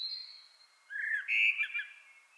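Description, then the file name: Common blackbird with a thin high whistle, then a rich, loud warbled phrase of slurred fluting notes. "Turdus merula"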